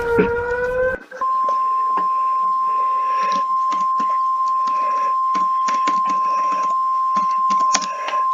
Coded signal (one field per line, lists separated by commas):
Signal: Emergency Alert System (SAME) tones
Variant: 1050 Hz attention tone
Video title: RATING ALL EAS ALARMS (PART ONE)